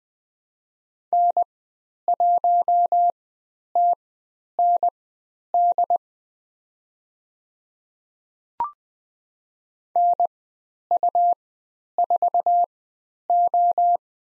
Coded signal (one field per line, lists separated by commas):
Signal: Morse code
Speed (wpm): 20 wpm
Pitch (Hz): 700 Hz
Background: none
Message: N1TND NU4O